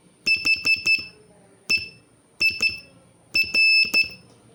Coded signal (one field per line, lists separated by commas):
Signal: Morse code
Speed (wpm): 13 wpm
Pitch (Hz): 2650 Hz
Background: none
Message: HEIR